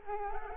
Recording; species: mosquito wingbeat signal from an infrared sensor; Culex quinquefasciatus